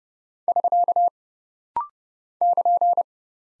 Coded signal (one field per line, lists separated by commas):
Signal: Morse code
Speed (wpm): 29 wpm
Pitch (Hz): 700 Hz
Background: none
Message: <SK> <KN>